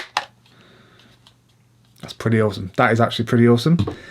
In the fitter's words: we can just hit that unlock there, and I believe this will come off. There we go.